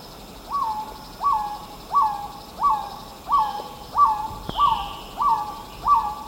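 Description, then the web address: Black-tailed Trogon giving a run of clipped, rising-then-level notes, roughly three every two seconds, evenly spaced, over faint background hum. Eastern lowlands of South America. "Natures Songs S America Eastern Lowlands Black-tailed Trogon"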